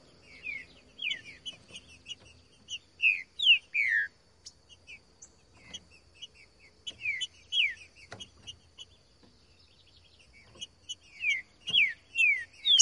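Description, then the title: Trinca-ferro: songbird song: repeated bursts of clear, downward-slurred whistles with quick high notes, phrases returning every few seconds. Song style called voz 10, recorded in the bush; used to warm up (esquentar) a trinca-ferro and make it sing. "Canto De Trinca Ferro Voz 10. TRINCA FERRO CANTANDO NO MATO. ESQUENTAR TRINCA FERRO"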